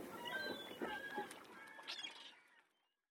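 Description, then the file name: Gull calls: a few drawn-out wailing cries, growing fainter and fading into silence near the end. "Seagulls"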